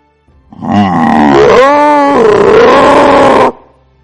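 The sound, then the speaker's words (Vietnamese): A loud, piercing, angry roar from the demon beast Lục Túc Đao, lasting about three seconds, starting with a rough growl, rising into a harsh tonal bellow, then trailing off in a strained, raspy cry. No talking. “Lục túc đao phát ra một tiếng gầm phẫn nộ chói tai.”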